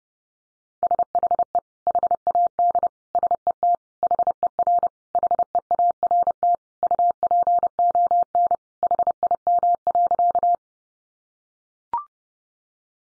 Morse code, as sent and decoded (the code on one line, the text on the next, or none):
... .... . / .... .- -.. / ... . - / .... . .-. / .... . .- .-. - / ..- .--. --- -. / .... .. -- .-.-.-
SHE HAD SET HER HEART UPON HIM.